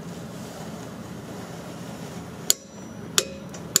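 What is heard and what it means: A click-type torque wrench tightens the rear brake caliper bolts on a Dodge Journey / Fiat Freemont to 35 Nm over a low steady background hum. Sharp, bright clicks ring out at 2.5, 3.2 and 3.8 seconds, showing that the wrench reached its set torque.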